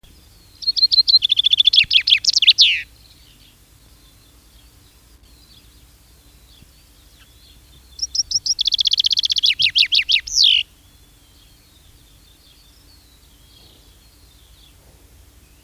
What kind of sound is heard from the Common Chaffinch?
song